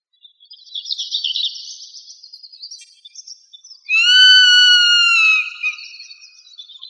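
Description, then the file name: Zone-tailed hawk uttering a drawn-out, ringing whistled scream lasting about one and a half seconds, slightly descending, preceded by rough, buzzy high-pitched sounds. Arizona. "AZFO ZTHA 5 deviche"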